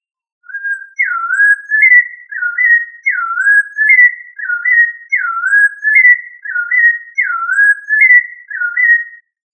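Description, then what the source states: Thrush song: clear, fluting whistled phrases, each a swooping and rising figure, repeated about every two seconds in a steady, even series with no other sounds. Local name sabiá, family Turdidae.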